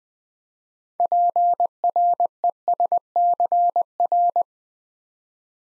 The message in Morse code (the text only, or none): PRESCR